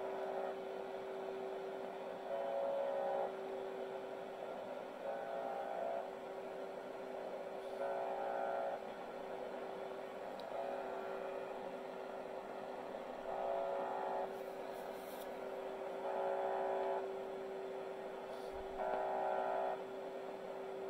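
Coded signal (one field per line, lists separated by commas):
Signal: channel marker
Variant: UVB-76, The Buzzer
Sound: rough one-second buzzes repeating about every 2.5 seconds, roughly 8 in the clip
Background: radio static, steady hum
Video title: The Buzzer. Russian Military TX.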